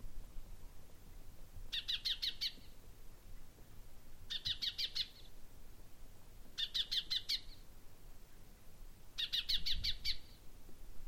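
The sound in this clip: Common chaffinch giving four short bursts of rapid, scratchy clicks at regular intervals, over a steady low rumble of background noise.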